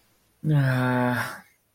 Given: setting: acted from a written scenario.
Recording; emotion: vocal sound without words; guilt